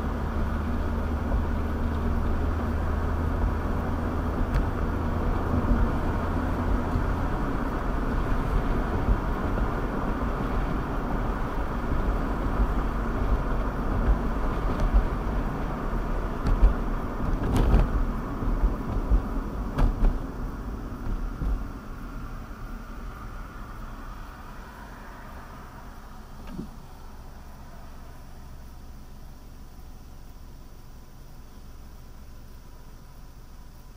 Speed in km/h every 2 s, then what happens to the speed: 45, 52, 56, 60, 63, 63, 63, 58, 55, 48, 31, 18, 10, 0, 0, 0, 0.
0-8 speeds up to 63. 8-25 brakes to 0. 25-34 standing.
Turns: none.